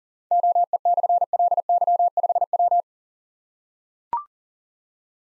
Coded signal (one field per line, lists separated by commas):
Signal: Morse code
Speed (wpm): 40 wpm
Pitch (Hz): 700 Hz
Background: none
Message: OE/LY5W